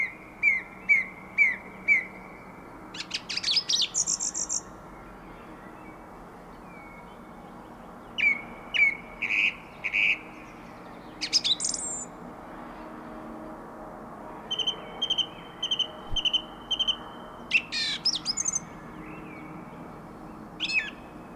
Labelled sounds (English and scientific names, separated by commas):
Song Thrush (Turdus philomelos) song